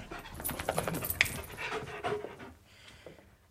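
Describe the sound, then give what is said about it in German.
A dog on a sofa pants in quick, breathy rhythmic bursts, steady and fairly loud at first, then tapering off softer toward the end with no talking over it. “Rufen Sie den Hund zurück. Der hat auf dem Sofa nichts verloren.”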